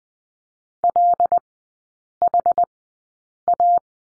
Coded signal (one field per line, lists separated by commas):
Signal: Morse code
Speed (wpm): 20 wpm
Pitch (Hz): 700 Hz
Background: none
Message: LHA